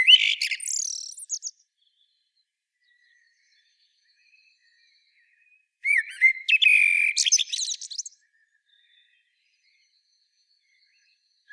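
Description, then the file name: Common blackbird singing song phrases of mellow fluty notes running into a rapid, high, squeaky twitter, separated by long silent pauses. "Turdus merula"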